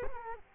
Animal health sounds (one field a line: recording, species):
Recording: mosquito wingbeat signal from an infrared sensor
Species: Culex quinquefasciatus